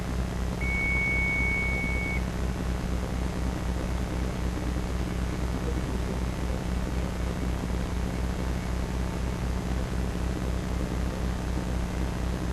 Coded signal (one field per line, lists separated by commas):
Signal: dial-up modem handshake